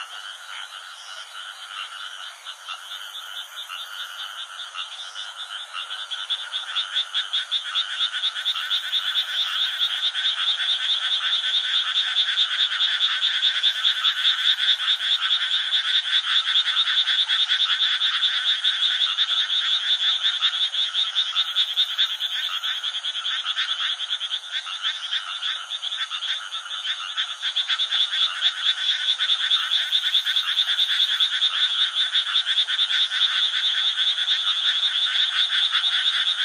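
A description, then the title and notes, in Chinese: Night insects trill in a dense, continuous chorus of rapid, even pulses, bright and high with nothing low beneath. The sound swells over the first dozen seconds, then holds steady, with faint higher chirps flickering above now and then. 1小时夜晚昆虫声丨白噪音。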